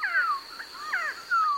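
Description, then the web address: Resplendent Quetzal calls: a few descending whistled slurs over a steady high-pitched hum. Bird of the cloud forests of southern Mexico and Central America; nests in tree cavities; both parents incubate the eggs and raise the young. "birdnote-en-espanol quetzal-el-ave-sagrada-de-mexico"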